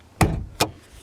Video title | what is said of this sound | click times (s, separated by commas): Subaru FUSE BOX Relay Location Impreza Forester Outback Legacy Crosstrek 2009 and newer | gonna pull it down and forward you'll hear a pop in the front next | 0.2 s